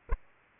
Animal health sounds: mosquito wingbeat signal from an infrared sensor; Aedes aegypti

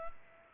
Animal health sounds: mosquito wingbeat signal from an infrared sensor; Culex pipiens

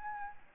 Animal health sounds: mosquito wingbeat signal from an infrared sensor; Aedes albopictus

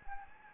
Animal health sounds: mosquito wingbeat signal from an infrared sensor; Anopheles gambiae

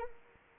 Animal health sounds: mosquito wingbeat signal from an infrared sensor; Anopheles arabiensis

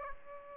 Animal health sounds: mosquito wingbeat signal from an infrared sensor; Aedes aegypti

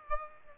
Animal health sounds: mosquito wingbeat signal from an infrared sensor; Aedes aegypti

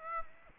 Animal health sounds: mosquito wingbeat signal from an infrared sensor; Aedes aegypti

